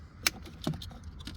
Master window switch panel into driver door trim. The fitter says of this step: Make sure you hear the snaps.